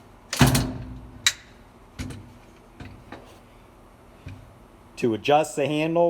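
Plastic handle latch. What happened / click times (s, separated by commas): The handle latch snapped open, releasing the handle from the hose / 1.3 s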